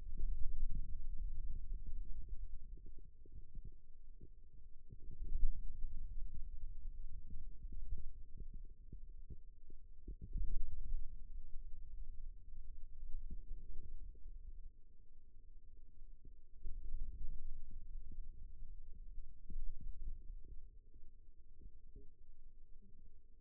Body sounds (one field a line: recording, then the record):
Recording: forearm muscle sounds (acoustic myography)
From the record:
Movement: radial deviation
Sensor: system 2, bracelet of six BSWA MPA416 microphones around the upper forearm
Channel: 3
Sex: male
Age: 22 years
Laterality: right